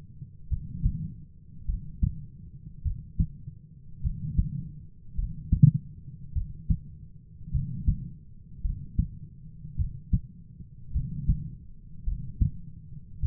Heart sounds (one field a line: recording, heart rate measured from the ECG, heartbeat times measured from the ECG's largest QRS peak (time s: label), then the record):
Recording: heart sounds by stethoscope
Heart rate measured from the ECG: 52 bpm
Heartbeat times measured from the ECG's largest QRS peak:
0.47 s: heartbeat
1.65 s: heartbeat
2.82 s: heartbeat
4.00 s: heartbeat
5.14 s: heartbeat
6.32 s: heartbeat
7.50 s: heartbeat
8.61 s: heartbeat
9.75 s: heartbeat
10.91 s: heartbeat
12.03 s: heartbeat
13.19 s: heartbeat
From the record:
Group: heart failure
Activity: rest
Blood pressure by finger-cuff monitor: 73/42 mmHg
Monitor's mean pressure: 53 mmHg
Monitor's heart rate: 52 bpm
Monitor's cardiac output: 4.3 L/min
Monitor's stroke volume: 84 mL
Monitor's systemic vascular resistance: 850 dyn s/cm5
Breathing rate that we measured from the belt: 18 breaths a minute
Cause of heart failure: dilated cardiomyopathy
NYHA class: 3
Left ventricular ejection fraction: 27%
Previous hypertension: present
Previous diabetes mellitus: present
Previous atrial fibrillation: present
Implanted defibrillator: present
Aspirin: present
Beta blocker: bisoprolol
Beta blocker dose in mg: 1.25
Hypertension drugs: sacubitril-valsartan, spironolactone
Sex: female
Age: 39 years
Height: 170 cm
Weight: 64 kg